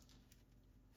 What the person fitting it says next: and that's it it's just a quick click